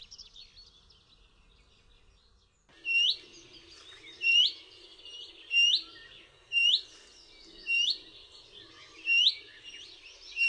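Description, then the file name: Willow warbler calls: a soft jumble of faint notes at first, then a clear series of seven upward-sliding whistles. "PIECUSZEK"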